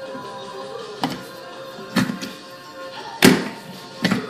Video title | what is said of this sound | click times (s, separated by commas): HOW TO BATHROOM SINK FAUCET DRAIN REPLACE P TRAP DIY | on the base make sure that this sits right over it and you'll hear it pop into place | 4.1 s